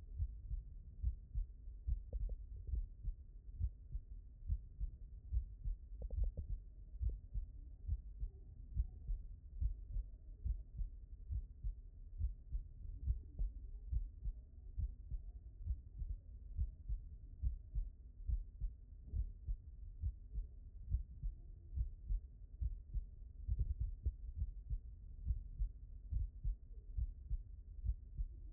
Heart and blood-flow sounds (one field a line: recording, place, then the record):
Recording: heart sounds by stethoscope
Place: mitral valve (MV)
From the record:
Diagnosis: non-HFrEF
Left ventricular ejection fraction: 67%